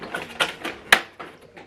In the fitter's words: You hear a click sound, so it's in.